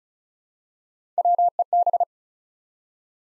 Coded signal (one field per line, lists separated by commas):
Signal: Morse code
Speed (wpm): 36 wpm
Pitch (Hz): 700 Hz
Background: none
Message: WEB